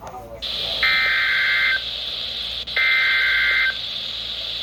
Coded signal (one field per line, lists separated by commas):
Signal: Emergency Alert System (SAME) tones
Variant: header bursts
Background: speech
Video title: RING OF FIRE - EAS Alerts from 07/05/2022 (EAS #582-619)